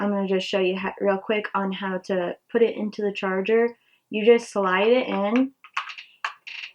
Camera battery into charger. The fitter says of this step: this I mean you should hear it click and then this pops out and